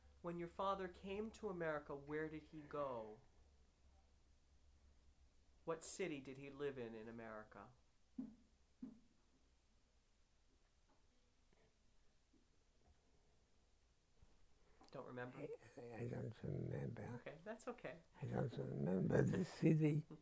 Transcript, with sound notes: When your father came to America, where did he go? What city did he live in in America? [pause] Don't remember?
I don't remember.
Okay, that's okay.
I don't remember the city.